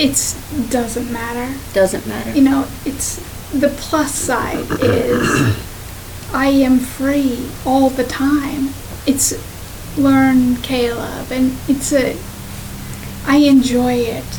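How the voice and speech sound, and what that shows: Adult woman with aphasia after a stroke speaks with restarts on "it's", pauses and misselected words, typical of aphasia.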